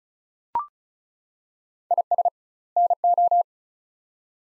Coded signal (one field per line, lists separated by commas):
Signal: Morse code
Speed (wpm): 36 wpm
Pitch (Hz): 700 Hz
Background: none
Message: IS NO